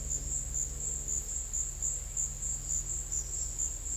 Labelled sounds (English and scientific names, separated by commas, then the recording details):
none
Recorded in dense forest near Puerto Asís, Putumayo, Colombia, on 19 February 2024 at 15:00
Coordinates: 0.485, -76.322
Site G6406